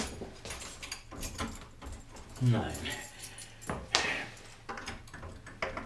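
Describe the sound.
Metallic jangling and scraping of keys, including a large key, being tried in a door lock, several clicks and rattles over a few seconds, with a voice speaking briefly.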